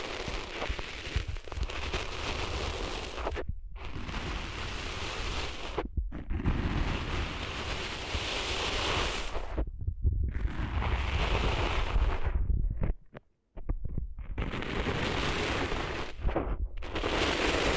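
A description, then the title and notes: Sand being cleaned from the ears makes a dense, steady gritty rustle, broken by brief silent gaps near 4, 6, 10, 13 and 16 seconds. ASMR Cleaning Sand Out of Your Ears (No Talking).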